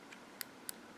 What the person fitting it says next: So see what I mean? You click and then a little click.